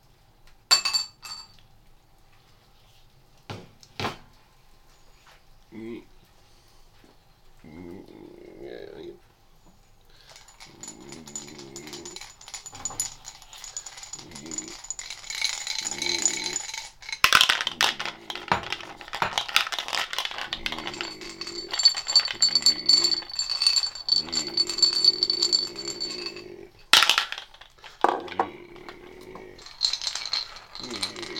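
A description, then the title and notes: Nuts rattle and clink into bowls in short bursts, with sharp clicks near the start and denser pouring from about 10 seconds on. Bright ringing tones rise over the middle section, while a low, faint city hum sits underneath throughout. Vocal improvisation, nuts, bowls, city ambience.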